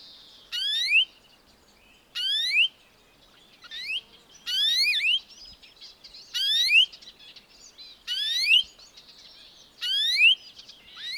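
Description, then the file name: European greenfinch giving seven rising, wheezy whistled calls at irregular intervals. "Chloris chloris"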